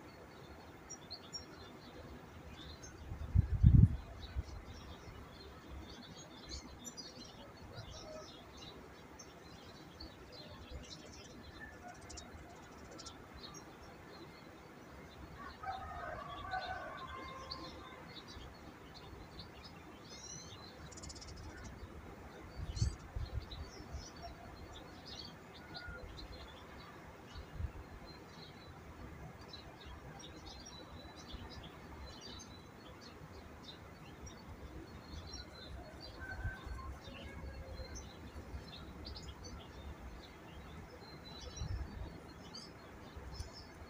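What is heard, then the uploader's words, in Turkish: Faint, scattered bird chirps sound over a steady low outdoor rumble, with a brief thump near four seconds and soft calls around sixteen seconds. Doğa Sesleri. Kuş Sesleri.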